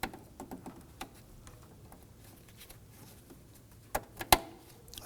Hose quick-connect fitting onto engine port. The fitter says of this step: Push it on. Going to hear it engage and then lock. That's